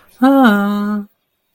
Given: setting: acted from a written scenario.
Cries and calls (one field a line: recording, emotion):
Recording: vocal sound without words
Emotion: elation